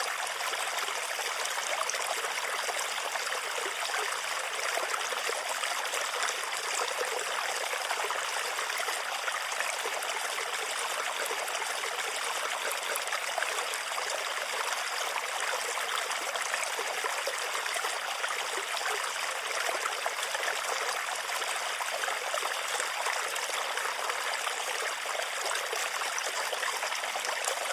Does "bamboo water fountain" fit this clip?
yes